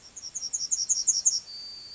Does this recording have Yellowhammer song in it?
yes